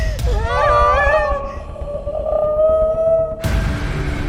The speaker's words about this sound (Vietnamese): Sao đột nhiên bà khóc vậy?